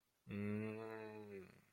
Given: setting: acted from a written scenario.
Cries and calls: vocal sound without words; neutral

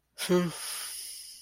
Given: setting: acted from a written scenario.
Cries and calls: vocal sound without words; neutral

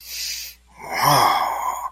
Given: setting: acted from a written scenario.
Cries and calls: vocal sound without words; positive surprise

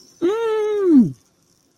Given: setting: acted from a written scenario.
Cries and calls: vocal sound without words; negative surprise

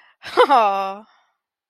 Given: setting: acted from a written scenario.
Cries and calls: vocal sound without words; pride

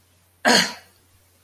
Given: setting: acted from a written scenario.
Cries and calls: vocal sound without words; anger

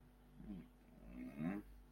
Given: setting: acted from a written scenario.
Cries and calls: vocal sound without words; guilt

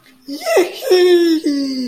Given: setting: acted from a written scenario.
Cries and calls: vocal sound without words; ecstasy

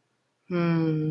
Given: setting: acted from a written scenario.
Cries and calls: vocal sound without words; serenity

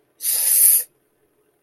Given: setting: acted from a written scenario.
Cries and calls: vocal sound without words; pain

